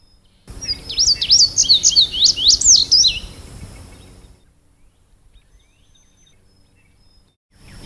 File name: suara-kicauan-burung-indigo-bunting -omkicau